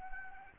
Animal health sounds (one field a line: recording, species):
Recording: mosquito wingbeat signal from an infrared sensor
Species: Anopheles gambiae